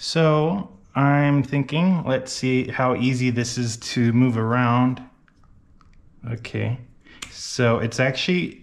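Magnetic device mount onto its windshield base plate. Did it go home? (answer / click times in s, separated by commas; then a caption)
no / none. Someone talks while handling a Cross Glide magnetic mount for a Comma.ai device on its windshield base plate, moving it around to test it. A few faint, quiet ticks come between 5.3 and 5.9 seconds, in a pause in the talk. Nothing has snapped or seated onto the base yet.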